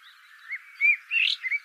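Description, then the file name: Eurasian blackbird song: a few short, mellow whistled notes sliding up and down, with a brighter, squeakier phrase near the end. "Turdus merula"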